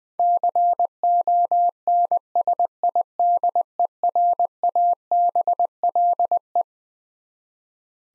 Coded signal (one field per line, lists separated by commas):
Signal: Morse code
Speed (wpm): 20 wpm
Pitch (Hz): 700 Hz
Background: none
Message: CONSIDERABLE